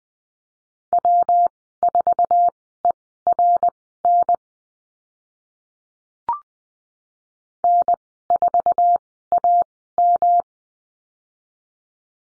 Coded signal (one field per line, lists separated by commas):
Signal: Morse code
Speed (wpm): 20 wpm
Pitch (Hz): 700 Hz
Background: none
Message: W4ERN N4AM